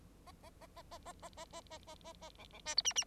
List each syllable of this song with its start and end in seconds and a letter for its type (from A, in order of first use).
0.26-0.32 A, 0.43-0.50 A, 0.61-0.67 A, 0.76-0.82 A, 0.91-0.98 A, 1.05-1.12 A, 1.22-1.29 A, 1.37-1.45 A, 1.53-1.61 A, 1.70-1.78 A, 1.87-1.95 A, 2.04-2.13 A, 2.21-2.30 A, 2.38-2.45 B, 2.52-2.59 B, 2.65-2.75 C, 2.77-2.82 D, 2.84-2.93 E, 2.95-3.04 E